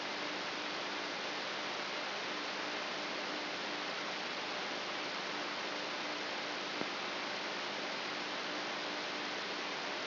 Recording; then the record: brain microelectrode recording played as sound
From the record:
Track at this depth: inside the subthalamic nucleus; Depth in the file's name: 6.416 mm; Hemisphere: left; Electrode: 3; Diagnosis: Parkinson's disease